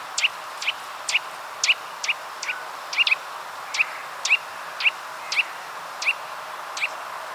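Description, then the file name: Eurasian nuthatch calling: a series of short, sharp, high notes repeated about twice a second, slightly uneven in rhythm, over a steady background hiss. "Sitta europaea"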